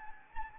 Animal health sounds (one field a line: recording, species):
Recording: mosquito wingbeat signal from an infrared sensor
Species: Anopheles arabiensis